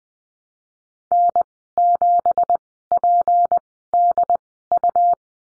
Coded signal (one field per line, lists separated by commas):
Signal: Morse code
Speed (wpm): 20 wpm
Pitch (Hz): 700 Hz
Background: none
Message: N7PDU